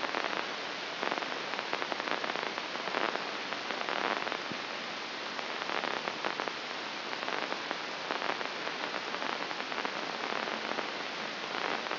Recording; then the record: brain microelectrode recording played as sound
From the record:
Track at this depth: inside the subthalamic nucleus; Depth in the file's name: 2.035 mm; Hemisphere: left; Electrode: 2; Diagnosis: Parkinson's disease